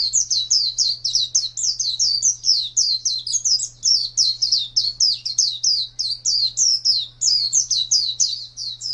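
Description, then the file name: White-eye song: a rapid, unbroken stream of high, sweet chirping notes over a faint steady low hum. Song style called ngalas panjang. "pleci ngalas panjang"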